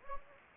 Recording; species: mosquito wingbeat signal from an infrared sensor; Anopheles gambiae